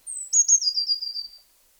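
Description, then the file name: Eurasian blue tit: a high sliding note followed by a rapid series of repeated short notes that fade, over silence. "Cyanistes caeruleus"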